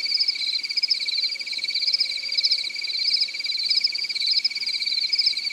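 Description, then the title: Cricket giving a continuous shrill pulsed trill, with brighter chirps recurring at regular intervals. "AnimalCricket"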